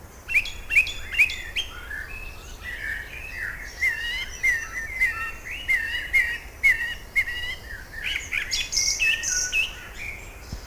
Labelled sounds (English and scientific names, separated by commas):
Song Thrush (Turdus philomelos) song